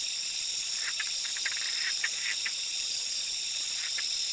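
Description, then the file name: Zoque treefrog calling: short, slightly buzzy notes in a loose, irregular series over several seconds, beneath a steady, shrill insect chorus. "Quilticohyla zoque"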